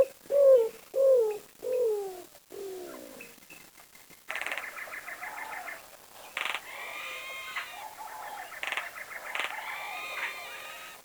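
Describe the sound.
Bird making a few low, falling coos at the start, followed by scratchy bursts and chirping sounds.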